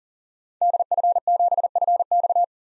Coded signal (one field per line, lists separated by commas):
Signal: Morse code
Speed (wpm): 40 wpm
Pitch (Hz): 700 Hz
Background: none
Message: DF7FX